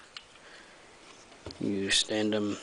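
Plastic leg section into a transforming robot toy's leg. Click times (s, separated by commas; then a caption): 0.2 s. A plastic leg section of a Transformers Combiner Wars Deluxe Class Firefly robot toy is locked back into place after its joint is straightened, giving one short, sharp click at 0.2 s against quiet handling noise. Someone then talks, and the second leg joint is seated.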